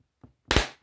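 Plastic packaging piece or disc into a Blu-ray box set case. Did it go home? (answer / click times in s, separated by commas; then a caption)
yes / 0.5 s. A plastic piece of the Stargate SG-1 complete series Blu-ray box set packaging is pressed into place. A faint tap at 0.2 s is followed by a loud, sharp snap at 0.5 s that rings briefly before fading. The piece snaps into place and holds secure.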